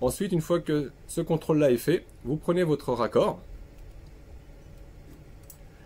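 Someone talks for about the first 3.4 seconds while a push-fit plumbing fitting is picked up and lined up with the cut copper pipe, to be pushed home with no tools. Afterwards there is only quiet handling noise, with a small faint tick near 5.5 s. Nothing has seated or clicked yet.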